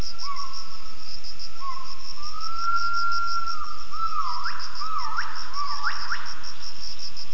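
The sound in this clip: Gibbon calls: a series of whistled notes, first level then rising in pitch and quickening into sharp upward swoops, over a steady pulsing insect chorus.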